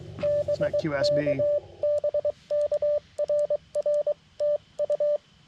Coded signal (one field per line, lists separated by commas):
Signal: Morse code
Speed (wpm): 22 wpm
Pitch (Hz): 590 Hz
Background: speech, radio noise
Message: BK BK RR TU